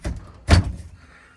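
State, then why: Seated. A cordless power tool is pushed onto a battery-slot-style wall holder in a trailer, its battery grooves sliding onto the plastic rails. After a softer knock at the start, a sharp snap at 0.5 s marks the tool seating firmly in the holder.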